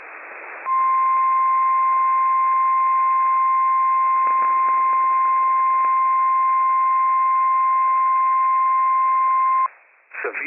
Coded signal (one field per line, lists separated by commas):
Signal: Emergency Alert System (SAME) tones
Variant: 1050 Hz attention tone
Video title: Slight Risk Severe Thunderstorm Warnings - WWF56 - EAS #321-322 - 8/17/24